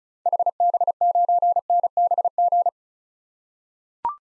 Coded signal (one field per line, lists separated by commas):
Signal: Morse code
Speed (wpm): 36 wpm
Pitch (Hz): 700 Hz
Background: none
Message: HB9NBG